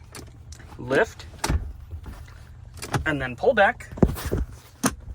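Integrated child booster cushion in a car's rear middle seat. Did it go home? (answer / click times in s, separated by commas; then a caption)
yes / 4.9 s. The integrated child booster cushion in the rear middle seat of a 2024 Volvo XC90 with a blonde interior is lifted and pulled back while someone talks, with soft handling knocks and rustles along the way. A sharp click at 4.9 s marks the cushion latching into its raised position, seated.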